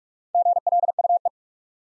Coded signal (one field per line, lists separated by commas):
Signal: Morse code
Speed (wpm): 44 wpm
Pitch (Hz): 700 Hz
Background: none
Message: GLUE